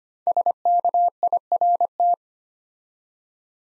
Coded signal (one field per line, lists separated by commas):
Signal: Morse code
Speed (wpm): 25 wpm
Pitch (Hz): 700 Hz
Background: none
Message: SKIRT